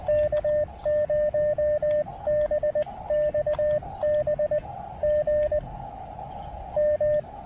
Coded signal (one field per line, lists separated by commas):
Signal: Morse code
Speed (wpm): 20 wpm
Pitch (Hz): 600 Hz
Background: radio noise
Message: K0BXB GM